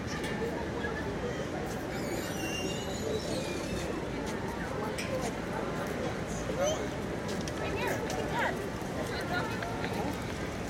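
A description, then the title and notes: Crowd chatter fills a city park, a dense, steady murmur of many overlapping voices with no single speaker standing out. Brief brighter sounds, like clinks or short calls, poke through now and then, and a low traffic rumble runs underneath throughout. NYC Washington Square Park Nature and People.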